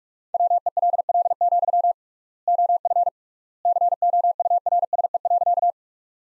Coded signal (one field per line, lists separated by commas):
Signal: Morse code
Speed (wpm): 41 wpm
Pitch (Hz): 700 Hz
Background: none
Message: WELL, OF COURSE.